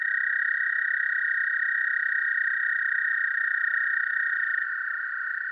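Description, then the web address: American toad trilling, a continuous musical trill with overlapping callers, one fainter higher voice dropping out after about four and a half seconds. "Solitudes Frog Song. American Toad"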